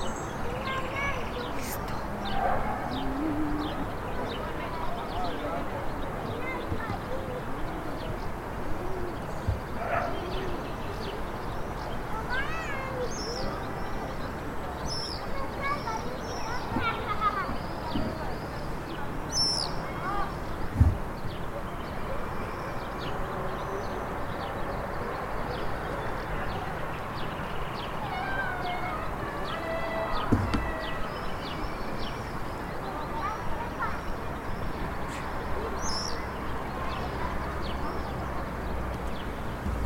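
Tourists' voices murmur steadily in an open square, a dense, even crowd chatter throughout. Thin, rising cries from birds of prey cut in every few seconds above the talk, and a couple of sharp knocks stand out near the middle and around thirty seconds.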